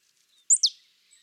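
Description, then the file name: Marsh tit sounding a crisp pair of high notes in quick succession, the second sharply falling. "Poecile palustris"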